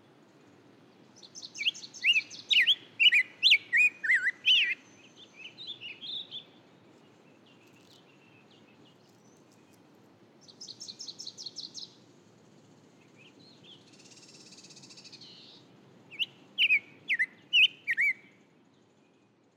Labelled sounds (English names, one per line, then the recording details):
Black-headed Grosbeak song
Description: Black-headed Grosbeak song recorded in the Alluvial Fan area of Rocky Mountain National Park
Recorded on 31 May 2017